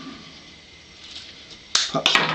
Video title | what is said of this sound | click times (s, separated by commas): Black Dog Machine magazine mod | Pops into place. | 1.8 s, 2.1 s